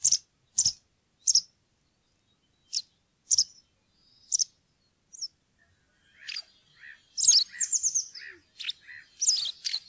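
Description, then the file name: White wagtail song: sharp, high chirps spaced unevenly, then a faster twittering run of slurred, descending notes and chips in the second half. "linerle"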